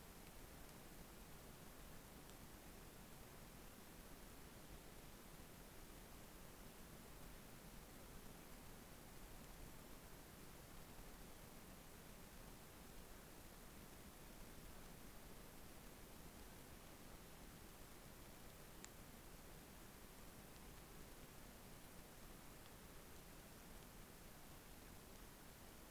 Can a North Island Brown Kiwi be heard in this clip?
no